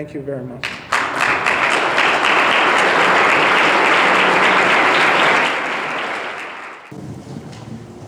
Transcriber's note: applause and cheering